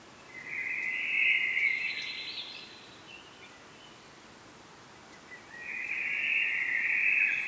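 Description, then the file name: Common blackbird singing two long warbled phrases separated by a pause of a few seconds, against low steady noise. "Turdus merula"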